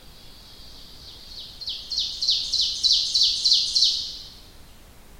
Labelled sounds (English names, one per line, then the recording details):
Ovenbird song
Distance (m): 30 m
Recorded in boreal forest in Alberta, Canada, on 1 July 2016 at 05:58
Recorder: SongMeter 3, array SBT-6-79
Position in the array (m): 230 m, 38 m
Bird 39